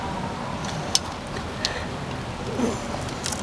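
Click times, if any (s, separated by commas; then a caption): 1.0 s. An electrical wiring connector with a red locking tab is pushed onto a replacement aftermarket ignition coil pack on a Jeep Wrangler, taking several tries. A sharp click at 0.9 s marks the connector snapping in, followed by a softer click at 1.6 s over low background noise. The connector is seated.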